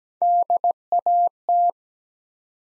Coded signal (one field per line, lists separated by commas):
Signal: Morse code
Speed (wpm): 17 wpm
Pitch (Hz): 700 Hz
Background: none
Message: DAT